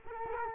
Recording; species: mosquito wingbeat signal from an infrared sensor; Culex quinquefasciatus